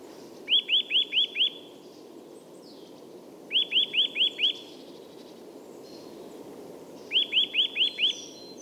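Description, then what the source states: Eurasian nuthatch giving short bursts of five quick whistled notes, a burst every few seconds, over steady low background noise. Bird singing and displaying for a few minutes in woodland north of Stockholm, Sweden, in winter, stopping and starting again.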